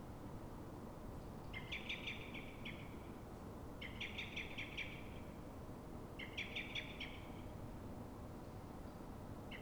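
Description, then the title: Common blackbird alarm call: fast rattling bursts of sharp clicking notes, repeated roughly every two seconds, with a constant low ambient hum beneath. At dawn in Fuenlabrada, Madrid, Spain; alarm given when frightened or threatened, probably by another blackbird; Zoom H1n recorder. "Pl. de Francisco Escolar, 10, 28944 Fuenlabrada, Madrid, España - Mirlo asustado"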